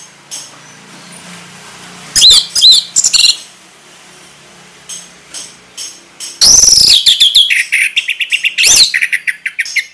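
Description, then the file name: Orange-headed thrush song, brief whistled notes, then a loud sweeping phrase followed by a fast run of repeated chirps. Sung in the ngeplong style, described as gacor, meaning it sings readily and steadily. "anis merah gacor ngeplong"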